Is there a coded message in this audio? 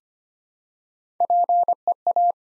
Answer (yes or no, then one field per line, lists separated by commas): yes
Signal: Morse code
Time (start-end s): 1.2-2.3 s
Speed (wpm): 25 wpm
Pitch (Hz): 700 Hz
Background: none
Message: PEA